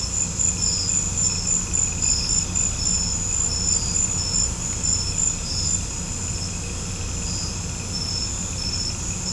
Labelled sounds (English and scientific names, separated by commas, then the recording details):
none
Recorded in pastures near Puerto Asís, Putumayo, Colombia, on 16 December 2024 at 19:30
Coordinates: 0.505, -76.324
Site G063